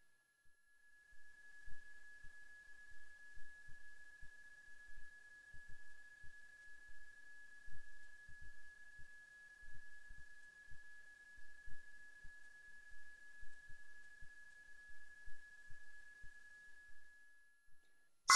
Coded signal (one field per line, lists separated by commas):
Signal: PSK31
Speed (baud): 31.25 baud